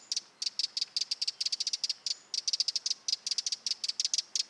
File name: Vogelstimme Zaunkoenig - Eurasian Wren - Troglodytes troglodytes troglodytes